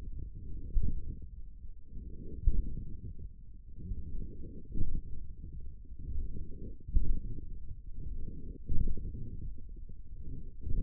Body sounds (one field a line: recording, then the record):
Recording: forearm muscle sounds (acoustic myography)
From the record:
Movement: radial deviation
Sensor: system 1, eight BSWA MPA416 microphones around the upper forearm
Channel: 3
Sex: male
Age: 42 years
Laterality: right